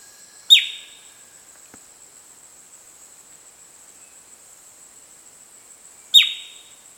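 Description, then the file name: Bird calls: two sharp, downward-sliding chirps about five and a half seconds apart, with near silence between them and a steady high hiss throughout. "SABIOD 50 bird 2015"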